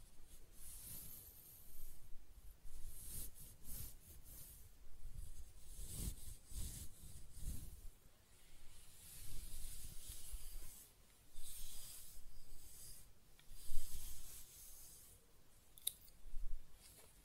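Close-up hair being scratched, brushed and stroked, in repeated soft strokes with a bright, hissy rustle. The strokes come in uneven bursts every second or so, some louder around the 14-second mark, with short pauses between them and a faint low rumble underneath.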